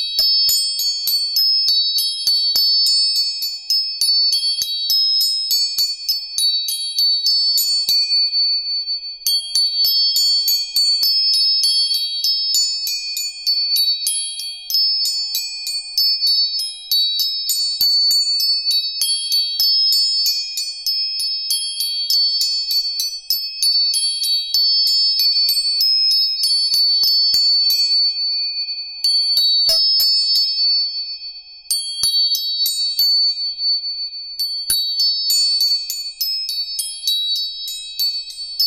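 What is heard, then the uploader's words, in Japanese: Tuning forks ring almost continuously in bright, high metallic tones, struck again and again so the chiming overlaps into a dense shimmer. A few brief pauses break the sound, near ten seconds and around half a minute, with no other sounds beneath. 音叉チューニング全体性。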